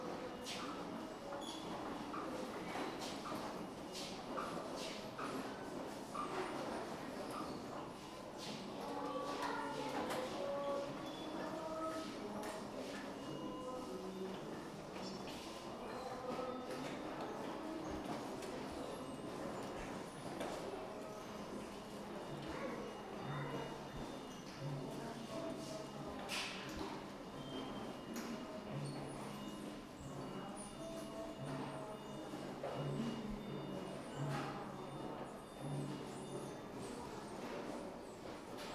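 Large metal prayer wheels turn around a square, giving a steady rumbling, clanking churn with creaks and squeals from rotating metal. Voices murmur through it, and sharp knocks and clacks punctuate the continuous grinding at irregular moments throughout.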